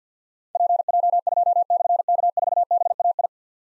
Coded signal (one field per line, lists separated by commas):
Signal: Morse code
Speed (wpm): 47 wpm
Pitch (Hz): 700 Hz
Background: none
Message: PJ2/K4BAI